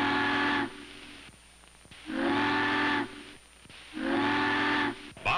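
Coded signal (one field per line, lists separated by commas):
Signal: ship horn signal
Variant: steam whistle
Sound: three roughly one-second steam whistle blasts with hiss, a fourth beginning at the end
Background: low background rumble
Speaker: listens for her to signal for the bridge three long whistles the bridge tender knows that the ship is turning for the bridge four or more whistles would be a danger signal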